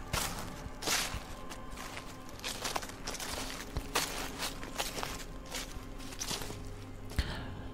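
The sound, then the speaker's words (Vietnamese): People's footsteps crunch through dry leaves in a forest at a steady, unhurried walking pace, each step a crisp rustling burst, with no voices. “Từ phía bên kia cánh rừng, âm thanh bước chân người dẫm lên lá cây sột soạt vang lên.”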